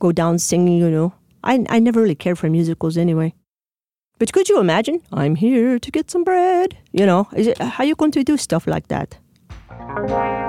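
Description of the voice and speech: A woman speaks in short, lively phrases with a mid-high, varied pitch, glottal catches, some devoiced consonants and a stretched vowel. Her speech sounds foreign-accented: foreign accent syndrome, present for 6 years with no known cause. Her singing is unchanged, and singing a sentence in her head briefly brings back her original speech.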